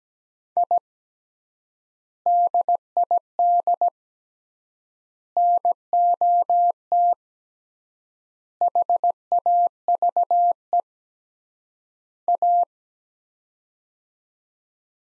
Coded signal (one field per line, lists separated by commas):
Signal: Morse code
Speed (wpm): 17 wpm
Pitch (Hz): 700 Hz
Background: none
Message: I DID NOT HAVE A